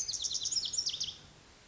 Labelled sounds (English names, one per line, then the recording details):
Lazuli Bunting
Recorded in Sonoma County, California